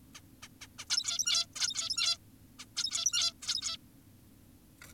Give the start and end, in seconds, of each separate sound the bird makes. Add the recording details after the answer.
0.14-0.21, 0.43-0.48, 0.62-0.67, 0.79-0.85, 0.90-1.46, 1.56-2.18, 2.59-2.65, 2.76-3.33, 3.43-3.77. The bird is an adult. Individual g17y2U